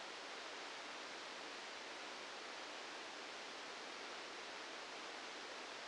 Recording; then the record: brain microelectrode recording played as sound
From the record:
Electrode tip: outside the subthalamic nucleus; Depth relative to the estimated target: -4 mm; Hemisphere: left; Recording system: NeuroSet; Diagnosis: Parkinson's disease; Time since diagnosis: 9 years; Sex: male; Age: 61 years